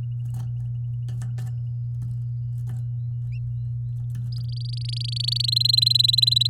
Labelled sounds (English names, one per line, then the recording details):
Domestic Canary song
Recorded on 8 May 2018 at 06:24
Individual llb16